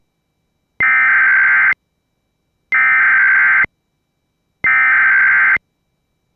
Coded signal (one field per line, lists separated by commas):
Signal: Emergency Alert System (SAME) tones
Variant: header bursts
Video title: No EAS - Florida AMBER Alert